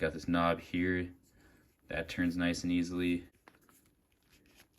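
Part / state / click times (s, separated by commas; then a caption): lens cap onto binocular lens barrel / seated / 3.5 s. Someone talks, then a plastic lens cap is pressed onto the eyepiece or objective barrel of a pair of Virtual 12x42 HD binoculars. It snaps on with one sharp click at 3.5 s, followed by a few faint handling ticks. The cap fits snugly and is seated.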